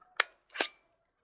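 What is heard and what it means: The rear magazine release pin on a Spyder Hammer 7 paintball marker is pushed in and clicks open at 0.2 s, then a longer, softer sliding noise follows around 0.5–0.75 s as the straight magazine is pulled down out of its housing. The magazine is released.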